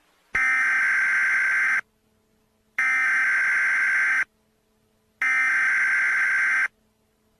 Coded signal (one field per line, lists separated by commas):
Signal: Emergency Alert System (SAME) tones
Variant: header bursts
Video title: The Storm From Hell - An EAS Scenario